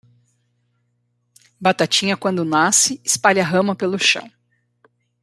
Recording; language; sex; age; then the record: short text; Brazilian Portuguese; female; 50 to 59 years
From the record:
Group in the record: control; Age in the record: 53 years